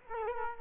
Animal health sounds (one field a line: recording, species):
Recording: mosquito wingbeat signal from an infrared sensor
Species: Culex quinquefasciatus